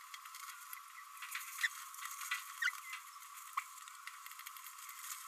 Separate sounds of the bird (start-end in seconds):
1.62-1.68, 2.62-2.69